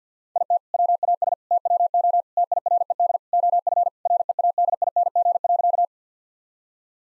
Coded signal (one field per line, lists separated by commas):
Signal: Morse code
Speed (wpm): 50 wpm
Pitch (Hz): 700 Hz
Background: none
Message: IT WAS TWO TIRED OF READING.